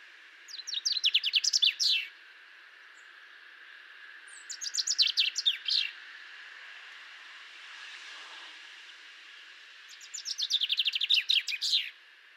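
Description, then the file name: Common chaffinch song: three bursts of rapid descending chirpy notes, each lasting about one and a half seconds, separated by pauses, over a steady hiss of background noise. "Fringilla coelebs"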